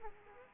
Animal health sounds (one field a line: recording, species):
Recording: mosquito wingbeat signal from an infrared sensor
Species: Aedes aegypti